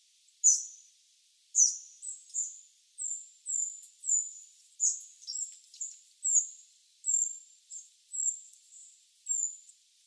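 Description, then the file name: Eurasian wren calls: a long series of sharp, high ticking notes at uneven intervals, coming closer together after the first two. "Troglodytes troglodytes"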